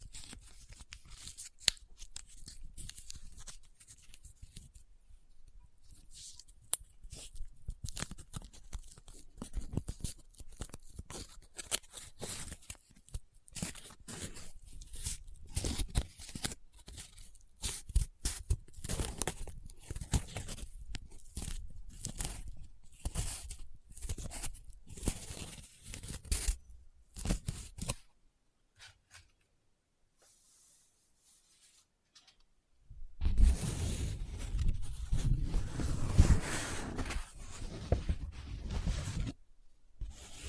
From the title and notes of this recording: ASMR Close Up Paper Sounds - Folding, Scratching, Rubbing, Crinkle (No Talking).